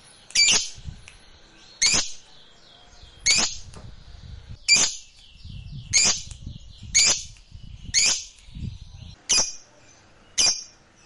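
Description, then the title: Lovebird producing piercing high chirps at uneven intervals of one to one and a half seconds, with faint low scuffling between calls. Fighter-type lovebird, singing energetically (gacor). "SUARA Lovebird FIGHTER GACOR"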